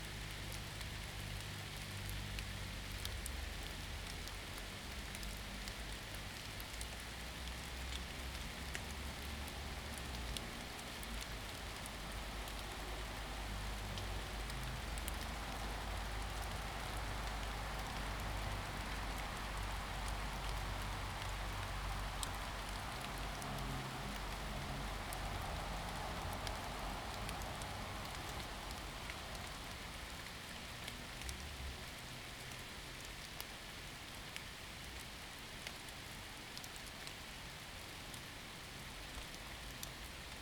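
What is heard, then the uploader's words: Steady, dense rain patters evenly on surfaces throughout, with a low rumble underneath, likely traffic, swelling slightly around the middle. Rain, Northumberland Park. 2030.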